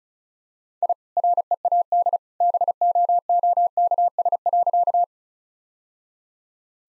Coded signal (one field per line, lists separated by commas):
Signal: Morse code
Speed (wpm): 36 wpm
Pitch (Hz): 700 Hz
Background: none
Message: I READ BOOKS.